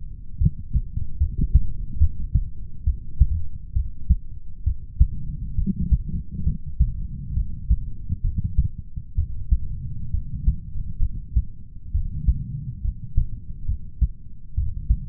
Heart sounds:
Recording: heart sounds by stethoscope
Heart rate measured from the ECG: 68 bpm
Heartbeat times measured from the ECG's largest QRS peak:
0.39 s: heartbeat
1.18 s: heartbeat
1.99 s: heartbeat
2.84 s: heartbeat
3.73 s: heartbeat
4.64 s: heartbeat
5.55 s: heartbeat
6.44 s: heartbeat
7.34 s: heartbeat
8.22 s: heartbeat
9.15 s: heartbeat
10.11 s: heartbeat
11.00 s: heartbeat
11.92 s: heartbeat
12.82 s: heartbeat
13.66 s: heartbeat
14.55 s: heartbeat
From the record:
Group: healthy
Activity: rest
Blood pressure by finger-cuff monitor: 107/76 mmHg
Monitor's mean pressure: 88 mmHg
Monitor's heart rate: 67 bpm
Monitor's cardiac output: 5.2 L/min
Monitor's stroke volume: 67 mL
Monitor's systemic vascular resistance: 980 dyn s/cm5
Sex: male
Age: 20 years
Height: 187 cm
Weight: 68.9 kg

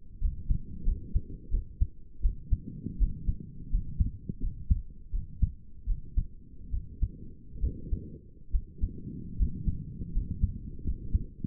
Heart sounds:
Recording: heart sounds by stethoscope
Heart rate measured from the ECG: 79 bpm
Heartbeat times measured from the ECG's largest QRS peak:
0.22 s: heartbeat
0.87 s: heartbeat
1.53 s: heartbeat
2.24 s: heartbeat
3.00 s: heartbeat
3.72 s: heartbeat
4.42 s: heartbeat
5.13 s: heartbeat
5.88 s: heartbeat
6.72 s: heartbeat
7.62 s: heartbeat
8.54 s: heartbeat
9.39 s: heartbeat
10.14 s: heartbeat
10.86 s: heartbeat
From the record:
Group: healthy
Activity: rest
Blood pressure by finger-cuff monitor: 106/59 mmHg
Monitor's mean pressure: 72 mmHg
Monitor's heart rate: 82 bpm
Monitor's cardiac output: 7.9 L/min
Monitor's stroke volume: 99 mL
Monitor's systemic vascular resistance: 660 dyn s/cm5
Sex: male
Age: 22 years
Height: 181 cm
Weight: 79 kg

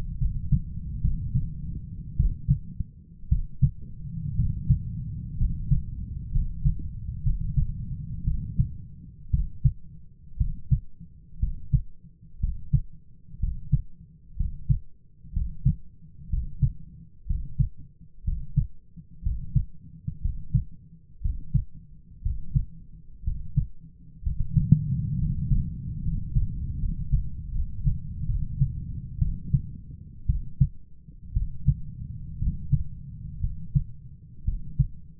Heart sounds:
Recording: heart sounds by stethoscope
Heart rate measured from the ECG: 61 bpm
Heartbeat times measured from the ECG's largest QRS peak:
0.18 s: heartbeat
1.02 s: heartbeat
2.17 s: heartbeat
3.29 s: heartbeat
4.36 s: heartbeat
5.37 s: heartbeat
6.31 s: heartbeat
7.23 s: heartbeat
8.24 s: heartbeat
9.31 s: heartbeat
10.38 s: heartbeat
11.40 s: heartbeat
12.40 s: heartbeat
13.40 s: heartbeat
14.37 s: heartbeat
15.33 s: heartbeat
16.29 s: heartbeat
17.26 s: heartbeat
18.24 s: heartbeat
19.22 s: heartbeat
20.21 s: heartbeat
21.21 s: heartbeat
22.22 s: heartbeat
23.23 s: heartbeat
24.22 s: heartbeat
25.18 s: heartbeat
26.01 s: heartbeat
26.78 s: heartbeat
27.51 s: heartbeat
28.26 s: heartbeat
29.18 s: heartbeat
30.26 s: heartbeat
31.33 s: heartbeat
32.38 s: heartbeat
33.40 s: heartbeat
34.44 s: heartbeat
From the record:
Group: healthy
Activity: rest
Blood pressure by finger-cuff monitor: 121/70 mmHg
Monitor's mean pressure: 85 mmHg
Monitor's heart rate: 60 bpm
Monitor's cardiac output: 7.1 L/min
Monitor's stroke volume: 113 mL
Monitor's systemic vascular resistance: 870 dyn s/cm5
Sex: male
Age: 23 years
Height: 178 cm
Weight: 96.6 kg

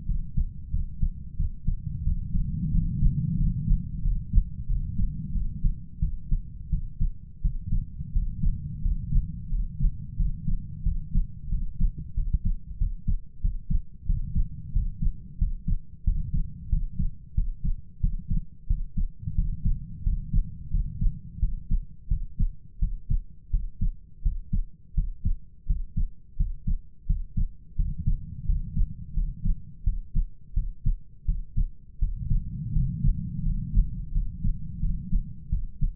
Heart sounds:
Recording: heart sounds by stethoscope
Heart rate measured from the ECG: 88 bpm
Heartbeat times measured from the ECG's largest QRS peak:
0.06 s: heartbeat
0.72 s: heartbeat
1.37 s: heartbeat
2.04 s: heartbeat
2.72 s: heartbeat
3.37 s: heartbeat
4.02 s: heartbeat
4.67 s: heartbeat
5.32 s: heartbeat
6.00 s: heartbeat
6.70 s: heartbeat
7.42 s: heartbeat
8.13 s: heartbeat
8.82 s: heartbeat
9.50 s: heartbeat
10.17 s: heartbeat
10.83 s: heartbeat
11.50 s: heartbeat
12.15 s: heartbeat
12.78 s: heartbeat
13.41 s: heartbeat
14.06 s: heartbeat
14.73 s: heartbeat
15.38 s: heartbeat
16.04 s: heartbeat
16.69 s: heartbeat
17.35 s: heartbeat
18.01 s: heartbeat
18.67 s: heartbeat
19.35 s: heartbeat
20.03 s: heartbeat
20.71 s: heartbeat
21.40 s: heartbeat
22.08 s: heartbeat
22.79 s: heartbeat
23.50 s: heartbeat
24.22 s: heartbeat
24.94 s: heartbeat
25.66 s: heartbeat
26.37 s: heartbeat
27.06 s: heartbeat
27.76 s: heartbeat
28.46 s: heartbeat
29.14 s: heartbeat
29.84 s: heartbeat
30.54 s: heartbeat
31.25 s: heartbeat
31.99 s: heartbeat
32.73 s: heartbeat
33.43 s: heartbeat
34.12 s: heartbeat
34.80 s: heartbeat
35.50 s: heartbeat
From the record:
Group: healthy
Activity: rest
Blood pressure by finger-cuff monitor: 114/74 mmHg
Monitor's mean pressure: 87 mmHg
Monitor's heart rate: 88 bpm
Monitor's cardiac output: 7.5 L/min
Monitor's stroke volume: 85 mL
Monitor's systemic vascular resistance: 860 dyn s/cm5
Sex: male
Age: 33 years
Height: 179 cm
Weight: 80.4 kg

